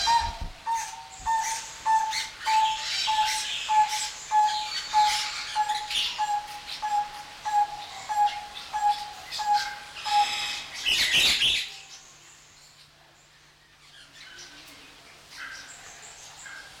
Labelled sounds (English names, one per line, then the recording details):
Vieillot's Barbet call
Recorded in captivity
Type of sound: call, call sequence
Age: adult
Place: Zoo Berlin, Berlin, DE
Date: 1994-02-12 11:19
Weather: bedeckt, leichter Schneefall, um 0°C
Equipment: Marantz CP 430, Sennheiser MKH 416 T, Kopie Uher Variocord 263
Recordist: Tembrock, Günter
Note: Rufreihe (bei Beginn eingeschaltet - knarrende Initiallaute fehlen)